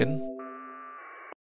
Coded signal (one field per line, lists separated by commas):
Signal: packet radio (AX.25, as in APRS)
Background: speech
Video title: SmartSDR Flex 6700 APRS 2M HowTo